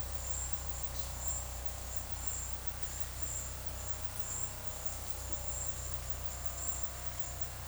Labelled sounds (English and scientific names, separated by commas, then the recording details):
none
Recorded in dense forest near Puerto Asís, Putumayo, Colombia, on 21 February 2024 at 13:30
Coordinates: 0.487, -76.319
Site G6403